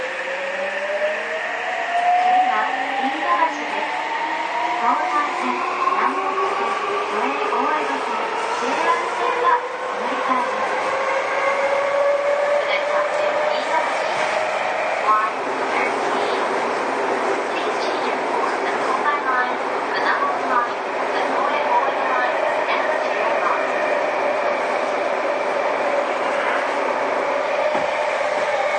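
A Seibu 6000 series train hums steadily, its motor whine rising in pitch through the first fifteen seconds, then dropping and settling, with faint voices.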